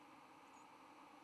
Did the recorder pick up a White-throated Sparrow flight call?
no